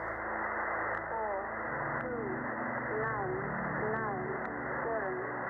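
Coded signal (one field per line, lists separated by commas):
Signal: numbers station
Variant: computer voice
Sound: short evenly spaced spoken number words over steady radio hiss, with faint ticks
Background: radio static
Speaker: then the actual message starts 4 2 9 9 7 2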